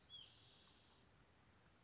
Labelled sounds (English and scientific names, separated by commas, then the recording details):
Spotted Towhee (Pipilo maculatus)
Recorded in Sonoma County, California